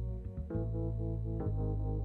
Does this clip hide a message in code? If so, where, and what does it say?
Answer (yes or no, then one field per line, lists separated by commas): no